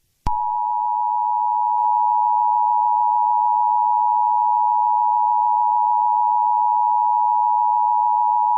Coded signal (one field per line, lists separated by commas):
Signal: Emergency Alert System (SAME) tones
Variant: 853 and 960 Hz attention tone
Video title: EAS Scenario #5: The Rampage